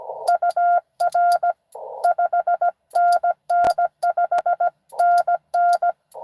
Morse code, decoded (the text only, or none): UR 5NN 5NN